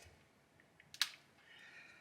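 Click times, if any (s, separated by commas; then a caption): 1.0 s. A barrel locking tool is turned back on a Tavor X95 bullpup rifle until it locks. Faint ticks lead to a sharp click at 1.0 s as the spring locking tab on the far side drops back into its hole in the polymer housing. The barrel is locked in place.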